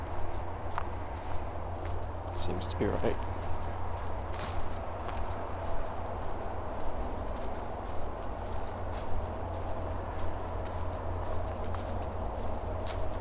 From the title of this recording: Soundwalking - Withlacoochee State Forest